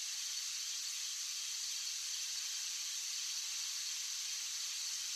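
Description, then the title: Cicadas in a steady, unbroken high-pitched hissing drone that stays even in pitch and loudness throughout, with no other sounds. Cicadas singing outdoors on a warm summer night. "17 Minute Rosary - SATURDAY - Joyful - CICADA SONG"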